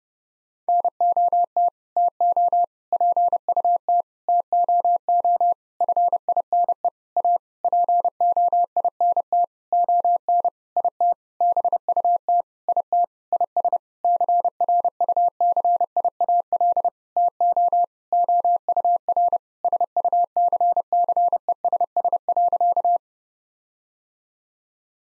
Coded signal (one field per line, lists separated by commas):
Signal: Morse code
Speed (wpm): 32 wpm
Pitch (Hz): 700 Hz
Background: none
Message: NOT TO PUT TOO FINE A POINT ON IT BUT IT IS CRUCIAL TO OUR SUCCESS.